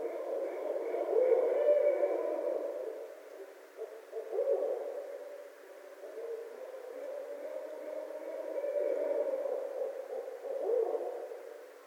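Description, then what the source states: Barred owl hooting, a long run of rough hoots rising and falling in bursts. Recorded 26 February 2012.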